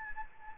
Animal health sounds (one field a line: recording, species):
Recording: mosquito wingbeat signal from an infrared sensor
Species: Anopheles gambiae